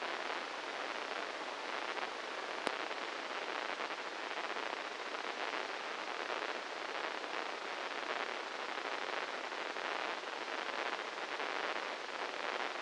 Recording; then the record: brain microelectrode recording played as sound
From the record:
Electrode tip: inside the subthalamic nucleus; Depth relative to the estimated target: -4 mm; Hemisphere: right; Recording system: NeuroSet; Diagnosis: Parkinson's disease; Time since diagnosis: 8 years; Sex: male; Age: 58 years